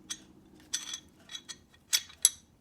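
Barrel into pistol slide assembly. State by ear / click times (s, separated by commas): seated / 2.2 s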